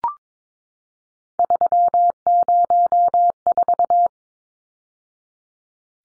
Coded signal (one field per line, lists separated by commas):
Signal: Morse code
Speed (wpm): 22 wpm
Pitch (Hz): 700 Hz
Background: none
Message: 304